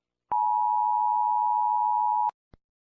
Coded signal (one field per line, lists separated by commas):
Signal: Emergency Alert System (SAME) tones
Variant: 853 and 960 Hz attention tone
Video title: The GoAnimate Attack: An EAS Scenario